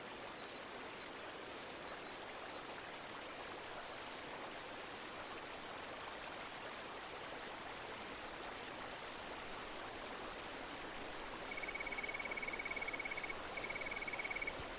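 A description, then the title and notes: A babbling creek pours in a steady, dense rush, and near the end a thin, high whistling tone sounds over the water. Soundscape - Red-Crowned Toadlet.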